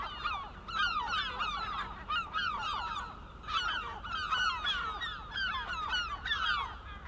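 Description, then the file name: Gulls calling in a noisy group, harsh cries repeated continuously and overlapping from several birds. Recorded 23 May 2004. "Mouettes 040523"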